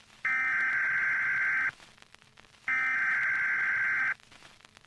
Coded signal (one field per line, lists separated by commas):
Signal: Emergency Alert System (SAME) tones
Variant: header bursts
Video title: Mini EAS alarm(Waring in description)